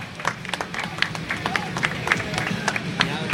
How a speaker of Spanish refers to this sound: ¡Un aplauso!